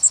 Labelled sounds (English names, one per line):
Yellow Warbler flight call